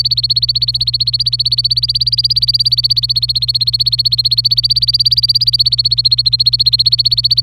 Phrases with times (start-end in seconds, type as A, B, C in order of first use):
0.00-7.41 A